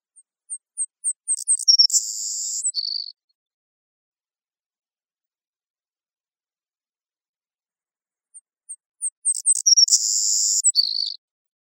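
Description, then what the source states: Savannah sparrow singing twice: accelerating high tick notes lead into a dry, hissing buzz and a short lower buzzy ending, with silence between songs. Recorded in Costa Rica.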